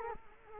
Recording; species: mosquito wingbeat signal from an infrared sensor; Culex quinquefasciatus